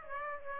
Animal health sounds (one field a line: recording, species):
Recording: mosquito wingbeat signal from an infrared sensor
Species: Aedes aegypti